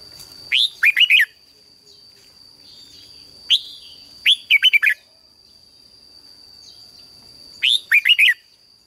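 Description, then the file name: Red-whiskered bulbul repeating a short, sweet chirpy phrase a few times with pauses of a few seconds, over a thin constant high tone. "Tieng chao mao hot"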